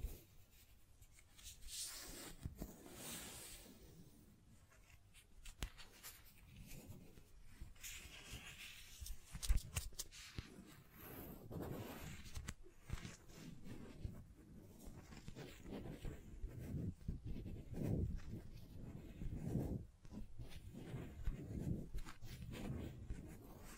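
Scratching and tracing sounds move continuously across a surface, with soft brushing strokes that swell and fade every second or two. Sharp taps punctuate the texture, clearest around nine and nineteen seconds, while a low rumble persists underneath throughout.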